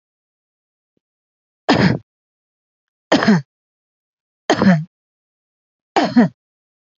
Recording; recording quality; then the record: heavy voluntary cough; excellent, no background noise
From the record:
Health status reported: healthy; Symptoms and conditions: cough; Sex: female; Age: 47 years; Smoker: not ticked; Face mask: not worn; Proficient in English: yes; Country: India